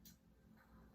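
A movable plastic blade on a Beyblade Burst GT Imperial Dragon spinning-top layer is pushed inward, giving a short, bright click at 0.1 s over a low, steady background hum. The blade seats into its next position, exposing more of the rubber.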